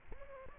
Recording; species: mosquito wingbeat signal from an infrared sensor; Aedes aegypti